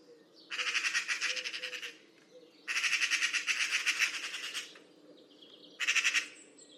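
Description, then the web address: Bird giving harsh, rasping pulsed bursts, three in all: two long chattering runs of over a second each and a short final burst. "cianscape birddata Deverinetal 2025 File origin Bird Only More Classes Pi Pi Pi Pi"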